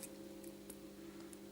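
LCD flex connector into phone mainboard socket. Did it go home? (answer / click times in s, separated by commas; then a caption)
no / none. A technician lines up the LCD flex connector of an LG G2 (D801/D803/D800/F320/LS980) over the phone mainboard socket before pressing it down. Only small handling ticks are heard, around 0.0, 0.4, 0.7 and 1.3 s, over a steady low hum. Nothing has seated or clicked yet.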